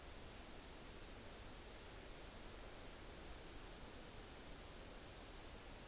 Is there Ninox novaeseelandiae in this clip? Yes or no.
no